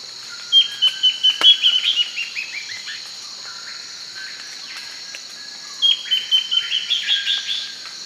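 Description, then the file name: Bird uttering two separate runs of rapid, high, descending notes about five seconds apart, with a steady high insect hum behind them. "SABIOD 50 bird 2015"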